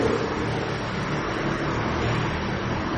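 A steady, rumbling motorbike engine drones on for a few seconds, a dense low growl with a hiss on top, holding an even loudness throughout with no voices.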